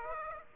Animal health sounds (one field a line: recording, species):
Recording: mosquito wingbeat signal from an infrared sensor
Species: Aedes aegypti